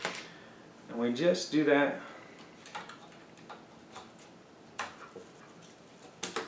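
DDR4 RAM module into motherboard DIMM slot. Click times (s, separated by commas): 4.8 s, 6.2 s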